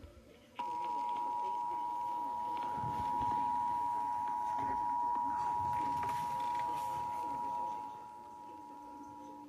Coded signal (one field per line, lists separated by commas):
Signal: Emergency Alert System (SAME) tones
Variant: 853 and 960 Hz attention tone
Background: speech